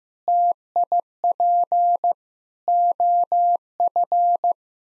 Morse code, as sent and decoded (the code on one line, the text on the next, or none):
- .. .--. / --- ..-.
TIP OF